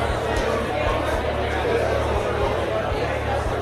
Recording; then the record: background sound without coughing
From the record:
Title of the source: CITY SOUNDS Busy Bar in the Evening Night - 2 HOURS of Ambiance for Relaxation